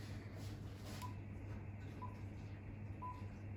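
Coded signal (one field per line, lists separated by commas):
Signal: none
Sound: a radio's power-up beeps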